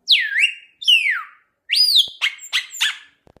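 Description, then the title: Chopi blackbird song opening with two loud swooping whistles that fall steeply, then a rising note and several clipped notes, ending with two soft clicks. "Passaro Preto"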